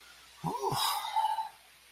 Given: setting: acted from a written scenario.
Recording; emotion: vocal sound without words; relief